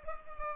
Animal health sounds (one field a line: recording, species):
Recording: mosquito wingbeat signal from an infrared sensor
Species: Culex pipiens